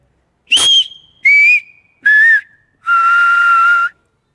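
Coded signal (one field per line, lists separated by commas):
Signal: whistled language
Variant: Silbo Gomero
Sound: four clear whistles, each lower than the last, with short pauses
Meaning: The four whistled vowels i, e, a, o, from highest to lowest pitch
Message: i e a o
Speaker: Sería la i, la e, la a y la o y la u que están juntas. ¿Vale? Te puedo hacer una una muestra. Sería i e a o.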